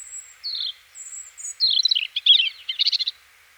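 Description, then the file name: European robin song: high pure whistles leading into a quick, rolling twitter of tumbling notes. "Erithacus rubecula"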